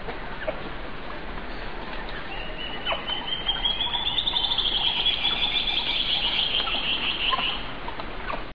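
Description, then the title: Band-tailed antbird song: a long fast series of notes that rises in pitch, lasting about five seconds, over background noise. "LuckyPassaro Completos2Sama. Band-tailed Antbird (Hypocnemoides maculicauda)"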